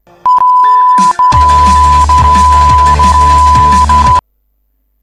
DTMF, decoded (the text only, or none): none